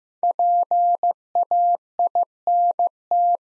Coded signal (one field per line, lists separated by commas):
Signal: Morse code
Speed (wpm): 15 wpm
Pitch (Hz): 700 Hz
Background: none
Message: PAINT